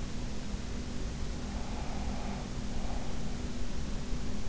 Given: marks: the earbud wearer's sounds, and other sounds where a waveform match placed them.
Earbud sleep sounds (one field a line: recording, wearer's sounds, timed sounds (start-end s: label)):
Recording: sounds in sleep by an in-ear microphone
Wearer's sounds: breath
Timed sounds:
1.61-3.25 s: breath